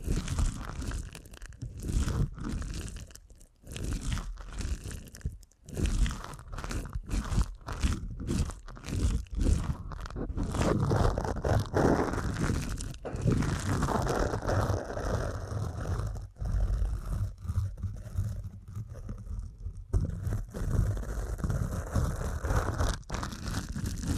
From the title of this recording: ASMR Deep Ear Canal Massage